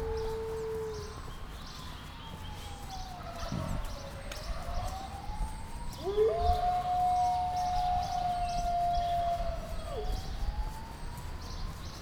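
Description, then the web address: Grey wolf howls overlapping in a chorus of long tonal wails, rising and falling gently, one voice holding a steady high note, with wind noise beneath. Captive wolf in a zoo, 2010, heard from a distance, with wind. "nyiregyhazizoo. farkas farkastavolrol szel"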